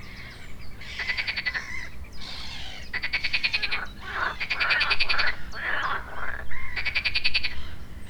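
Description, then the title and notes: Frogs giving buzzy, pulsed croaks in runs of about a second, with other gurgling calls between and overlapping. Frogs at the edge of a pond on the banks of the Marne, Parc de la Haute-Île, Neuilly-sur-Marne, France; early afternoon; recorded with a DR-40X. "Batraciens et oiseaux à la Haute-Île. En début d'après midi, les oiseaux marins (et d'autres), des grenouilles au bord d'un des étangs en bordure de la Marne. Enregistreur: DR-40X"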